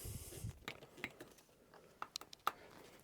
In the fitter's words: Just give it a push down till it connects. Nice click.